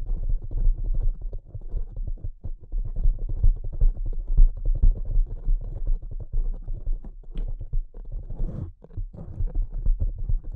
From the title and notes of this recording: ASMR Delicate Tapping (No Talking).